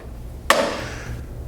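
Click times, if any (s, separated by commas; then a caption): 0.5 s. A plastic cable retention clamp is pressed into a cable entry port of a Mini-OTE 300 fiber splice closure. A single sharp click at 0.5 s marks the clamp seating in the port, followed by a brief bright ring that fades over about half a second.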